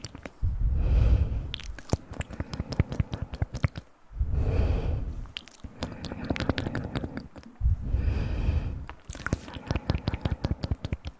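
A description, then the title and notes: Playful ear sounds: a soft, low rumbling swell arrives roughly every four seconds, around 1, 4.5 and 8.5 seconds. Between swells come dense runs of sharp, crisp clicks and crackles, like crunching or tapping, quick and irregular. TimASMR - play with your ears.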